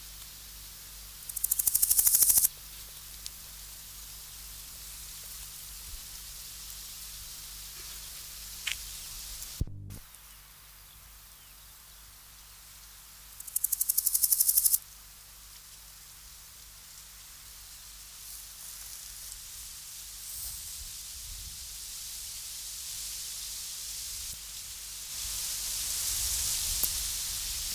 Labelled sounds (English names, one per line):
Large Gold Grasshopper stridulation